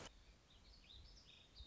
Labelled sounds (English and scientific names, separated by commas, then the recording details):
Warbling Vireo (Vireo gilvus)
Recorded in Sonoma County, California